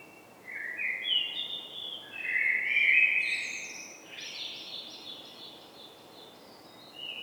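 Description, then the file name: Eurasian blackbird song: several fluty whistled notes, then a long run of scratchy high twittering before a last brief whistle. "Turdus merula"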